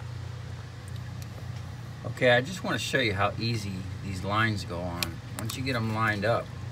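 Someone talks while high-pressure oil lines are lined up to go onto their quick-connect fittings on the high-pressure oil pump of a 2000 F350 diesel engine, over a steady low hum. Nothing has seated or clicked yet.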